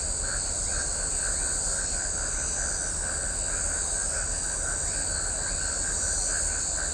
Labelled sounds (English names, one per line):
none